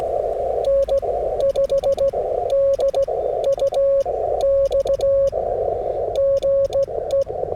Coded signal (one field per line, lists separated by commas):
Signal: Morse code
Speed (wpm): 16 wpm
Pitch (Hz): 550 Hz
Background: radio noise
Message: N5DUX GE